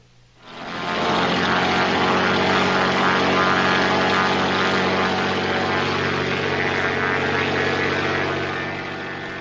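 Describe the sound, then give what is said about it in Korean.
In a film, the engine of the light propeller plane carrying Claire and Sam starts up and settles into a loud, steady droning hum with a rhythmic buzzing throb, holding for several seconds before easing slightly at the end. No voices. “클레어와 샘이 경비행기를 타고 어머니가 계신 곳으로 출발합니다.”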